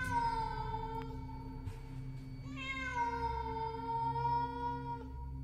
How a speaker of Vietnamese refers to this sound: Con mèo chạy xuống biến mất trong bóng tối, chỉ để lại những tiếng kêu meo meo vọng lại như đang muốn gọi Huy đi theo.